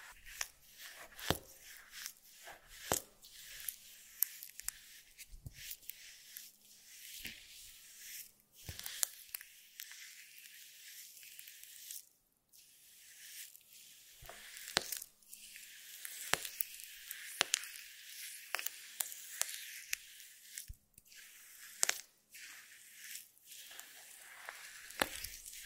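Jelly being squished and stirred, with wet, sticky squelches and slurps that come in irregular bursts across the whole clip. Sharp smacking pops punctuate the soft hiss of the goo every second or two, with brief quiet gaps around 12 and 21 seconds.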